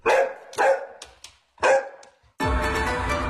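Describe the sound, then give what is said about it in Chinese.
A dog barks three times in sharp, uneven bursts with short gaps between, before a loud, dense wall of sound abruptly takes over and continues steadily. “金鸡起舞辞旧岁， 瑞犬踏梅迎新春。”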